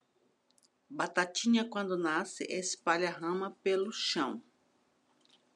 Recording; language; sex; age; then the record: short text; Brazilian Portuguese; female; 50 to 59 years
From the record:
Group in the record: control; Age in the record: 58 years